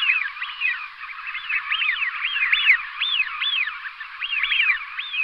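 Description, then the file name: Eurasian wigeon flock whistling, many overlapping arched whee-oo whistles rising then falling, calling continuously over a steady background hiss. "fischione"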